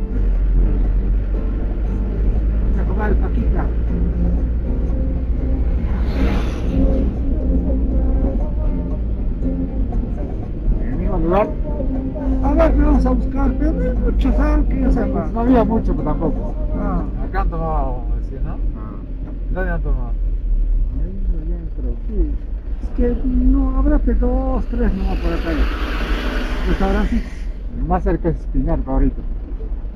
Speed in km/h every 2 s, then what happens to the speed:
22, 26, 27, 26, 24, 24, 23, 21, 21, 19, 13, 9, 6, 6, 5.
0-16 steady at about 24. 16-23 slows to 6. 23-30 steady at about 6.